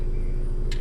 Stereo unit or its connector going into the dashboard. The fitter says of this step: Ano? Nag-click na. Hindi lahat ng click ay maganda ha.